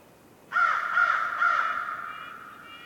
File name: WINTER Forest morning crow calls echoing and various birds chirps, North Laurentian Woods, Canada